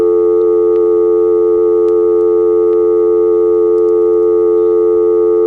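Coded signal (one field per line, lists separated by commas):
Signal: telephone call progress tone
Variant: North America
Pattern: dial tone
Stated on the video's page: Telephone exchange tone from an electronic switching center in Quarryville, Pennsylvania, recorded on a phone trip.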